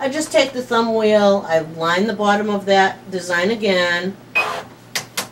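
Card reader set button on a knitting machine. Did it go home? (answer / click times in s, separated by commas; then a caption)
yes / 5.0 s, 5.2 s. Someone talks while lining up the bottom of a punch-card design with the thumb wheel on a Studio electronic knitting machine, then presses the top button of the built-in card reader down. Two sharp clicks at 5.0 s and 5.2 s confirm the button has seated, setting the card reader ready to read.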